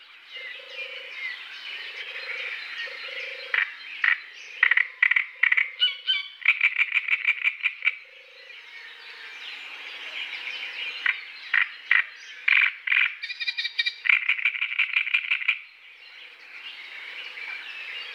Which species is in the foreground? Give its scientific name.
Acrocephalus arundinaceus